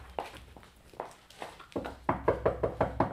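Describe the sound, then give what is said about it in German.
Knocking on a door: a few spaced, hollow raps at first, then a quicker, steady run of about seven firm knocks, with no talking. “Wenn sie noch im Bett liegt, klopfen Sie mal an der Tür da.”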